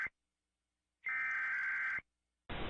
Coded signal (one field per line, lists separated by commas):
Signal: Emergency Alert System (SAME) tones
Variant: header bursts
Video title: Emergency Alert System By ThisIsNotATest